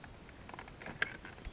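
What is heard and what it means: An electrical wiring connector on a 2014 Ford F-150, during a door actuator replacement, is pushed onto the door latch module's plastic socket right next to the previous connector. After a few faint rustling taps, a sharp click at 1.0 s marks it seating home, and the connector is in place.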